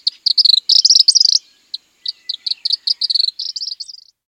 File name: Tropical Kingbird